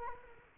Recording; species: mosquito wingbeat signal from an infrared sensor; Culex quinquefasciatus